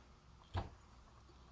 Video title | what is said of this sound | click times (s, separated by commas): 4 Stroke Scooter Head Disassembly and Reassembly - Upgrades! | like that not too difficult they snap right into place now | 0.4 s